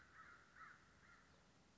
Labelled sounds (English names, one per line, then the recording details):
American Crow
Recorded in Sonoma County, California